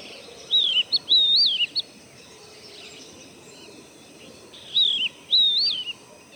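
Magpie-robin giving two bursts of clear, rising and falling whistled notes about four seconds apart, with steady faint background hiss between phrases.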